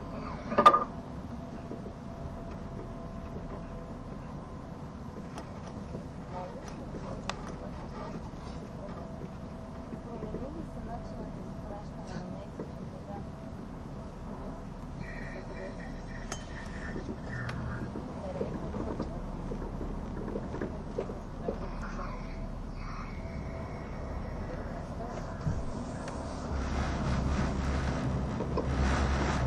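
A train runs along the Gotthard Base Tunnel route with a steady low rumble throughout. A sharp clack sounds near the start, then faint voices and scattered small knocks come and go, and the rumble swells louder and rougher in the last few seconds.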